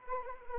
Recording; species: mosquito wingbeat signal from an infrared sensor; Anopheles arabiensis